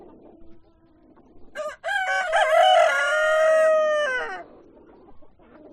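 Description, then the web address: Chicken crowing: a rooster delivers one long crow with a short rise and a sustained held tone that falls away, amid low background clucking. Hens and roosters at a poultry farm. "granja avicola sonidos de gallinas y gallos"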